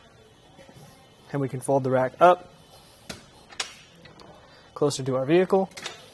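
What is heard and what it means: Someone talks while the platform of a RockyMounts MonoRail two-bike hitch rack on a 2018 Ford Escape is handled to fold it up toward the vehicle, with brief knocks around 3.1 and 3.6 s and faint ticks near 4.1 and 4.2 s. The clip ends before the rack's metal latch locks it in the stowed position; nothing has seated or clicked yet.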